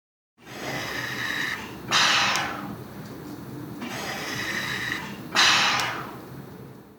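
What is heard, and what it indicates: A steady airy hiss is broken by two sharp rushes of air about 3.5 seconds apart, roughly 17 cycles a minute. Each rush fades slowly. This is a mechanical ventilator, a machine that pushes air into the lungs and lets it back out.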